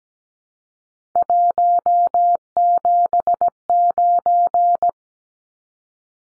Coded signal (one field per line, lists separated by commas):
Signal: Morse code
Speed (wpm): 17 wpm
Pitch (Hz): 700 Hz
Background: none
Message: 179